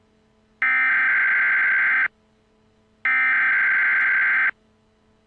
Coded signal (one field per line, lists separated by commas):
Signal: Emergency Alert System (SAME) tones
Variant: header bursts